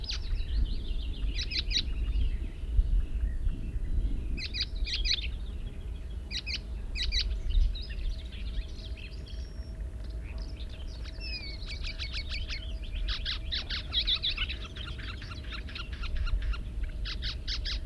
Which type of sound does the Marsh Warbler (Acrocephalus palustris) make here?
song